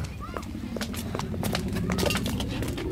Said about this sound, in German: Peter und Bob hatten Mühe, den schnellen Schritten des Mädchens zu folgen.